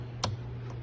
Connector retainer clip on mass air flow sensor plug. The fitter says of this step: and you can hear it clip like i said